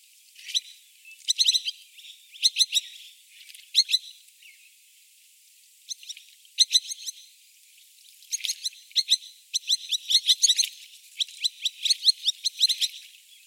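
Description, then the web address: Madagascar pratincole calls: short clusters of sharp, high chipping notes, a quiet gap midway, then denser rapid bursts toward the end. "Madagascar pratincole. صدای-پرنده-گلاریول-ماداگاسکار"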